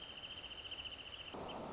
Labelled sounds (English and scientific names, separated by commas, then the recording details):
Wrentit (Chamaea fasciata)
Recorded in Sonoma County, California